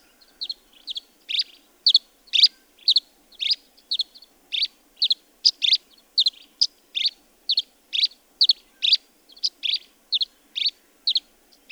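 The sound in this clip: Birdsong of quick, sharp chirped notes, roughly two per second, in a continuous series against a quiet background.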